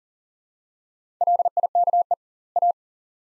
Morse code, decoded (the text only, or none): LIKE A